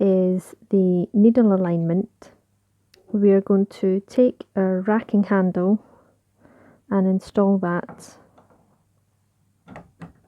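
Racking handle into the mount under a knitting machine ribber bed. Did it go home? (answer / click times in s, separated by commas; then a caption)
yes / 9.8 s, 10.0 s. Someone talks, then a racking handle is pushed onto its mount on the underside of a Brother KR850 knitting machine ribber bed made of metal and plastic. Short clicks are heard at 9.8 and 10.0 seconds as the handle clicks into place and is seated.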